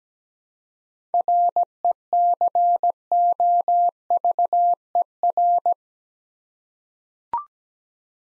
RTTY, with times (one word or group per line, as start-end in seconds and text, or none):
none